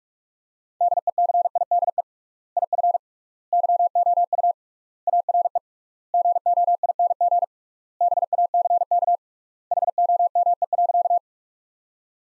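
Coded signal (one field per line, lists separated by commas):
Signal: Morse code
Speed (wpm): 43 wpm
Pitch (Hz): 700 Hz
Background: none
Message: DECIDE IF YOU ARE GOING BACK HOME.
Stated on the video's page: Morse practice sentences built from the top 500 words, sent at 45 wpm with 3x standard word spacing, similar to Farnsworth.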